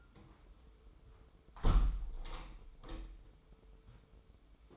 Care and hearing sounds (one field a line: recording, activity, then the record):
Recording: daily activity, microphone in the room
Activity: close window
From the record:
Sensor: 1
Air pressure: 995.8 hPa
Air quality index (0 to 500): 44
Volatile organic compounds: 1 ppm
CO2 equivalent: 778 ppm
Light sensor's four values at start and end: 30/104/40/42 and 30/104/40/41